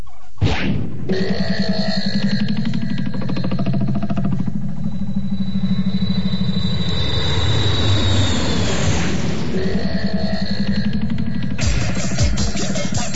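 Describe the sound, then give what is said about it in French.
An airplane engine is warmed up, starting and revving into a loud, steady, heavy drone with whining tones, swelling and shifting in pitch as if the plane gathers speed for takeoff, with no talking. “Tu fais chauffer l'avion, s'il te plaît ?”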